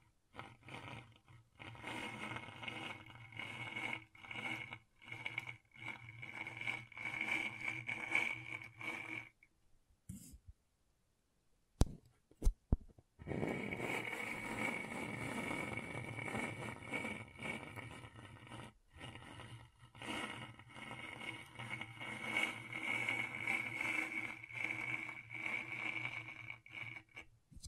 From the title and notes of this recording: ASMR Brain Tingling Scratchboard (No Talking).